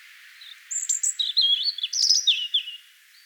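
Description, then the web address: European robin song: a thin high whistle followed by fluid, wavering notes that rise and fall in a quick, sweet warble, over light background hiss. "vogelstimmen rotkehlchen gesang nabu lars lachmann"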